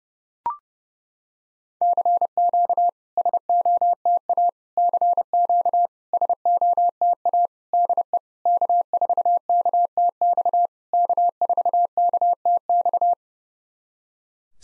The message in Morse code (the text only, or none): CQ SOTA CQ SOTA DE K4KTX K4KTX